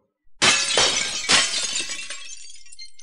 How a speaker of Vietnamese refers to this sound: Âm thanh vỡ vụn vang lên, tất cả quang thuẫn bị cự kiếm trảm trúng đều bị lam diễm đông kết thành băng lấp lánh, sau đó bị chém vỡ vụn.